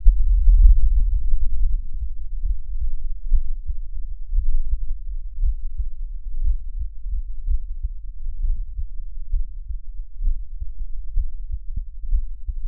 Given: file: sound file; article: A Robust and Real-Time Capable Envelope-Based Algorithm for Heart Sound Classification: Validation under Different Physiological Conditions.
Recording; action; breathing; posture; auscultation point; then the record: heart sounds by electronic stethoscope; rest; normal; lying on left side; Erb’s point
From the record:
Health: healthy, no known heart disease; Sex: male